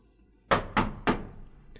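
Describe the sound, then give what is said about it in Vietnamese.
Three sharp knocks on a wooden door frame of an office room in a county government hall, made to catch the attention of the person inside. The knocks are evenly spaced and fairly loud, each with a short hollow ring-out against a quiet background. “Kế Duyên gõ tiếng đánh tên khung cửa, khiến cho người bên trong chú ý”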